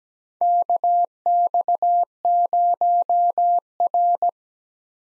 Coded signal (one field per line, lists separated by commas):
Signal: Morse code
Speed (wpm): 17 wpm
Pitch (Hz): 700 Hz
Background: none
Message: KX0R